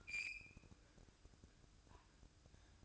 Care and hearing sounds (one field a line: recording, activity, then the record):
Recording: daily activity, microphone in the room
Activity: open fridge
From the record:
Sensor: 2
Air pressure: 1007.6 hPa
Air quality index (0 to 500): 59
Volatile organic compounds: 1 ppm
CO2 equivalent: 591 ppm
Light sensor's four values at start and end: 10/23/10/10 and 10/23/10/10